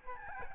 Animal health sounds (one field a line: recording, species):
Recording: mosquito wingbeat signal from an infrared sensor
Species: Aedes albopictus